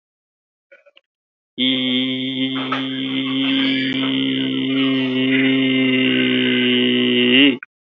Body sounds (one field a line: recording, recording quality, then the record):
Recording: sustained vowel as in beet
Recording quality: excellent, no background noise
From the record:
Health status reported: exposed to COVID-19, no respiratory illness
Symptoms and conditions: cough, cold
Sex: male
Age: 22 years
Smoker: not ticked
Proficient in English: yes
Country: India